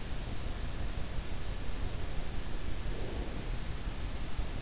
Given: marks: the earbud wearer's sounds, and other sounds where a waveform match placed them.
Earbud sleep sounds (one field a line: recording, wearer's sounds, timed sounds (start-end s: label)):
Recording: sounds in sleep by an in-ear microphone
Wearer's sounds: breath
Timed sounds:
2.91-3.49 s: breath